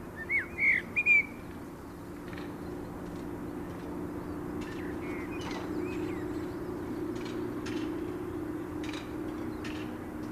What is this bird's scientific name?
Turdus merula